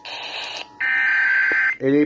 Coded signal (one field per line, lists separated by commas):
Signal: Emergency Alert System (SAME) tones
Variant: header bursts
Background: speech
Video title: Those Spooky Feelings | EAS Tests From 10/4/2022 (EAS #1,750-1,759)